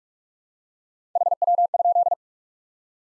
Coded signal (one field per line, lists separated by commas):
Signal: Morse code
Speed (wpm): 43 wpm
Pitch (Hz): 700 Hz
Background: none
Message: HW?